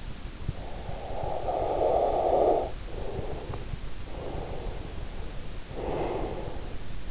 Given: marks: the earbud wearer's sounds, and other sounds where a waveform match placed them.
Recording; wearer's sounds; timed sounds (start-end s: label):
sounds in sleep by an in-ear microphone; breath
0.38-3.70 s: breath
3.82-7.11 s: breath